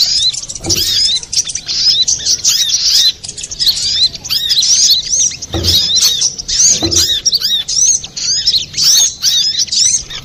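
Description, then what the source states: Little spiderhunter singing a continuous, fast stream of high squeaky chips and curved slurred notes, with a few soft low thumps underneath. Masteran song of Sogok Ontong (little spiderhunter), labelled Labaik, for training cage birds.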